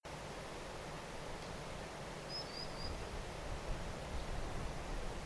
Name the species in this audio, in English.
Common Sandpiper